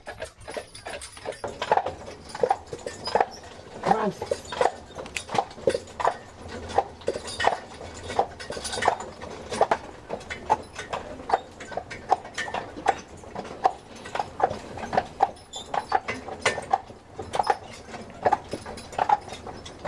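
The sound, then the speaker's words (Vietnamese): Hooves of a horse pulling an open, doorless carriage on Mackinac Island clip-clop in a steady, rhythmic trot, heard while riding in the carriage, a continuous run of sharp, bright knocks with no voices. “Anh em mình bây giờ cũng như vậy. Anh em mình ngồi trên xe ngựa nha, mà xung quanh là không có cửa”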